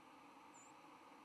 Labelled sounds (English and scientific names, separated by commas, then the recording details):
White-throated Sparrow (Zonotrichia albicollis) flight call
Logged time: 08:34 on 10 November 2014